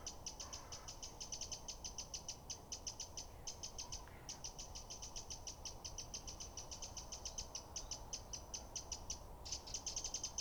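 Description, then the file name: Eurasian wren giving dry, rapid ticking rattles in quick bursts, repeated almost continuously over a low steady background rumble. "Troglodytes troglodytes"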